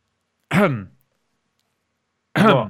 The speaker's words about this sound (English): No, sorry, I've just got a bad cough.